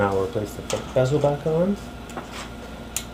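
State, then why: Seated. Someone talks while the plastic screen bezel of an eMachine 355 series PAV70 laptop is put back onto the display lid and pressed until its clips snap in. A short, sharp snap is heard at 3.0 s as the bezel seats into place.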